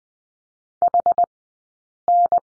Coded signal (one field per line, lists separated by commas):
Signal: Morse code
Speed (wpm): 20 wpm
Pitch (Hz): 700 Hz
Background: none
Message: HN